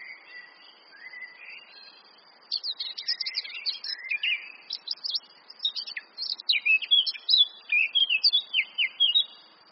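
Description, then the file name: Eurasian blackcap song: quiet twittering at first, then a sudden loud, fast warble of sharp notes and fluted whistles that carries to the end. "Sylvia atricapilla"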